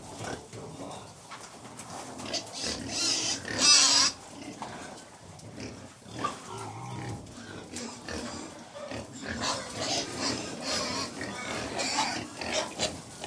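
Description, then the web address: Pig (Middle White): many pigs grunting and squealing together, one loud piercing squeal just before four seconds, then a continuous chaotic chorus of snorts and shrieks. Middle White breed; about 100 pigs feeding very noisily indoors. "Middle White Pigs, interior, approx 100 pigs feeding very noisily"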